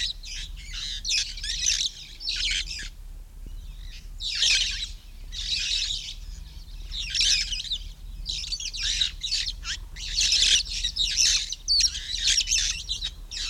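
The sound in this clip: Red-fronted parrot giving a long series of raspy, scratchy squawks with brief pauses, over a faint low hum.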